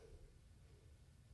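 A freshly charged small plastic continuous glucose monitor transmitter is handled as it is brought to the sensor base already inserted on an arm. Only a steady low rumble of handling noise is heard, with no sharp sounds. Nothing has seated or clicked yet.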